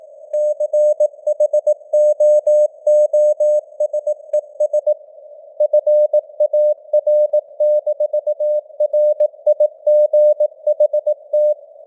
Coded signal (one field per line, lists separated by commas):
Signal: Morse code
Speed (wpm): 18 wpm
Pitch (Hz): 600 Hz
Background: none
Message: CHOOSES FAR-RIGHT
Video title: Morse Code News | 2025-11-06 | 18wpm